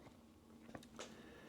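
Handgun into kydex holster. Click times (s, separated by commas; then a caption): 0.8 s, 1.0 s. A handgun is pushed into a kydex holster that holds it by friction fit. Two quick snaps come near 0.8 s, followed by a stronger pop at 1.0 s, as the handgun locks into place and is seated.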